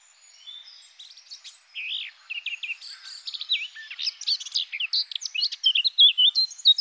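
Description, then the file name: Eurasian blackcap singing a soft subdued warble that builds into a louder, hurried series of whistled slurs and scratchy notes. "Fauvette-à-tête-noire"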